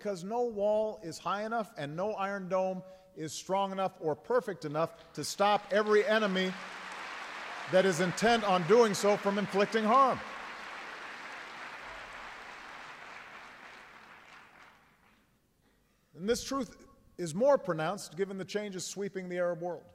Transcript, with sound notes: Because no wall is high enough and no Iron Dome is strong enough or perfect enough to stop every enemy that is intent on doing so from inflicting harm. (Applause.) And this truth is more pronounced given the changes sweeping the Arab world.